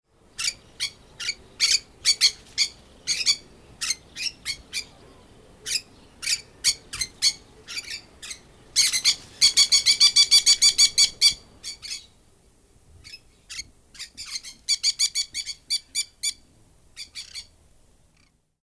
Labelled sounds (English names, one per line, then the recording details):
Red-bellied Macaw
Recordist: Tembrock, Günter
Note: Verschiedene Lautformen